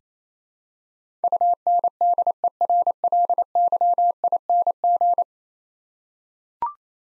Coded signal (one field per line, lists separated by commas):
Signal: Morse code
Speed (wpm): 28 wpm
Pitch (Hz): 700 Hz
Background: none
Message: UNDERLYING